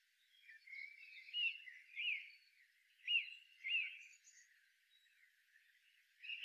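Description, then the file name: Common blackbird giving several short sharp notes, each rising then falling, with uneven gaps between them. "Turdus merula"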